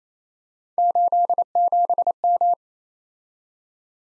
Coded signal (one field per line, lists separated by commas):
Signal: Morse code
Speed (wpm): 32 wpm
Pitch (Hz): 700 Hz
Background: none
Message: 87M